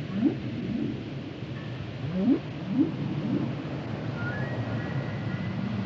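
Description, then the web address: Whale song: several short rising upsweeps, with faint high whistled tones drifting in later over a steady low rumble. "Natures Songs Whale Songs Whales and Dolphins - whale nature sounds songs"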